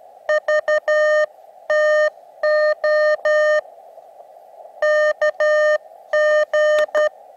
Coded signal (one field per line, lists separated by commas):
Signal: Morse code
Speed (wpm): 12 wpm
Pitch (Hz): 610 Hz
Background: none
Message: VTO KG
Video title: Antenna into Tree | Talk to the world with Ham Radio CW Morse Code!